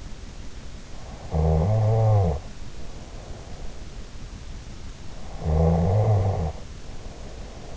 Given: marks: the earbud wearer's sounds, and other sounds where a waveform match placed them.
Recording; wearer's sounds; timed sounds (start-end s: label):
sounds in sleep by an in-ear microphone; snoring breath
1.28-4.09 s: snoring breath
5.42-7.77 s: snoring breath